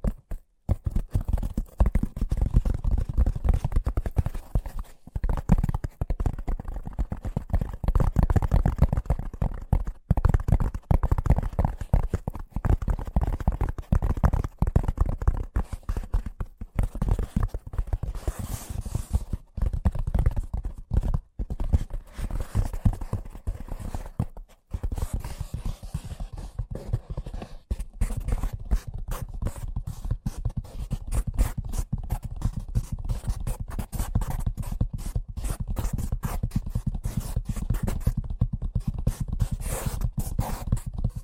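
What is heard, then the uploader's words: Fast tapping runs nonstop for the whole clip, dense and rapid, with low thumps under sharper clicks that grow crisper after about twenty-five seconds. ASMR Braingasm Inducing Fast Tapping (No Talking).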